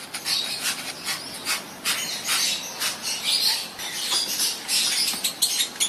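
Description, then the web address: Fischer's lovebird chatter, a dense, continuous mix of shrill squeaks and high twittering notes throughout. Lovebirds, genus Agapornis, singing. "golosa ptic kak poyut popugai nerazlucniki agapornis. parrots agapornis-fischeri"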